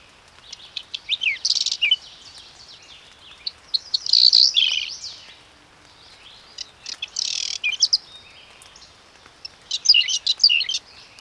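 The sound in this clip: Whinchat song in four separate phrases, each a dense scratchy jumble of high chattering and buzzy notes, with quiet gaps between them.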